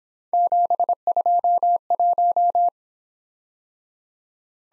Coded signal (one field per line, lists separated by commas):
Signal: Morse code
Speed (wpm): 26 wpm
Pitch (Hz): 700 Hz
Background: none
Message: 721